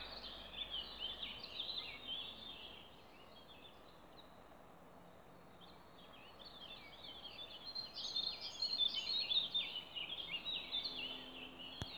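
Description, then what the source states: Songbird song: busy, jumbled high twittering and chirps, fading briefly, then a louder run of rapid notes; background hiss throughout. Recorded 29 April 2020 in Ježdovec scrubland, at Rakitje lake and in Stupnik forest.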